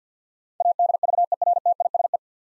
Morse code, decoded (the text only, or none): ADVERTISE